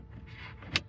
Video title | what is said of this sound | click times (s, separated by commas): The Best NEW Model Y Accessories Right Now | Snaps into place. | 0.8 s